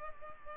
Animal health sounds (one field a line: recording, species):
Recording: mosquito wingbeat signal from an infrared sensor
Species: Culex pipiens